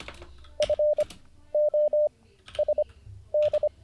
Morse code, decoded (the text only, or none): FOSD